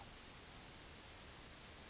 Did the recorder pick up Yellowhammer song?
no